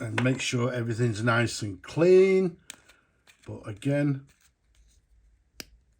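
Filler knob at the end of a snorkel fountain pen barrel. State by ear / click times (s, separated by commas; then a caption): released / 5.6 s. Someone talks while the filler knob at the end of a snorkel fountain pen barrel is unscrewed. At 5.6 s a single sharp click sounds as the knob clicks open and releases, leaving the plunger ready to be pulled out.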